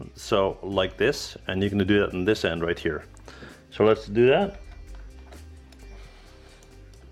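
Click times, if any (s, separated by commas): none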